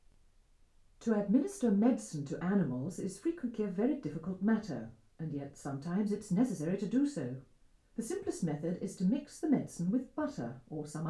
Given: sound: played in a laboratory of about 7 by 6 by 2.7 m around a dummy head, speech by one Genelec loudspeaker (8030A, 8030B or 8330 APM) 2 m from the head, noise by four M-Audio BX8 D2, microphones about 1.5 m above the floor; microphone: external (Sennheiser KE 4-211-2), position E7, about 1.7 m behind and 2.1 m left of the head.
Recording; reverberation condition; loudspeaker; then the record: female speech in English; low; 150 degrees to the left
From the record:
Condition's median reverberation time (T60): about 310 ms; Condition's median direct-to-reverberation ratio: about 3.5 dB